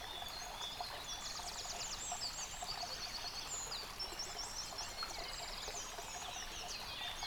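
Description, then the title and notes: Birds: bird chorus full of fast buzzy trills and high whistled phrases, several singers overlapping throughout, with running water hissing underneath. Bird chorus recorded by a stream at Dlouhý Důl, Krásná Lípa, Czechia, on a Zoom H6 recorder. "Dlouhý Důl 14, 407 47 Krásná Lípa, Czechia - Ptáci a potok. Ptačí sněm snímaný u potoka.. nahráno na ZOOM H6"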